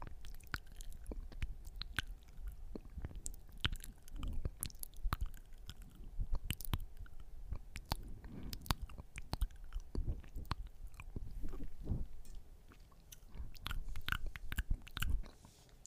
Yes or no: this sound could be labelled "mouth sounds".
yes